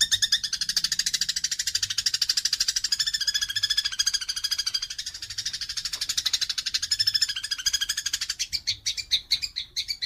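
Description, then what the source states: Eurasian tree sparrow in a long, unbroken, fast buzzy chatter of closely packed notes, ending in a few spaced sharp chirps. Active bird giving dense rapid chattering (nyecret rapat); masteran recording used as a model to train songbirds.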